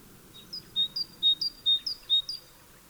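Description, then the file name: Great tit song, five or so clean two-note whistles, the first note higher, repeated evenly over a soft background hiss. "Parus major"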